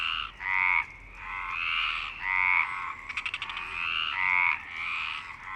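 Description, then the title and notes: Frogs croaking in a dense chorus of raspy calls, with a brief rapid clicking rattle midway. Frogs at Parc Longchamp, Marseille, Provence-Alpes-Côte d'Azur, France; 26 March 2011 at 19:35; recorded with a MixPre-6 and Basic UCHO. "Marseille, Provence-Alpes-Côte d'Azur, France - 26_03_11_19_35 Longchamps_004 grenouilles. Grenouilles au parc de Longchamp MIXPRE 6 + BASIC UCHO"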